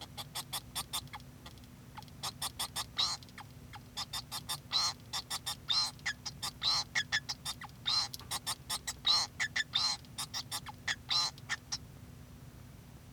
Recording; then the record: song of a male Bengalese finch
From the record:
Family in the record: son of father 2